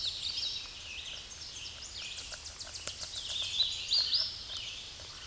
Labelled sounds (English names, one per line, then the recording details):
Hooded Warbler song
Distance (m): 25 m
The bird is about 10 m above the microphone
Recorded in a Pennsylvania forest on 16 May 2024 at 08:18
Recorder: AudioMoth, point MSD-2110
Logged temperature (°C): 16.4 °C
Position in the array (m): 55 m, 173 m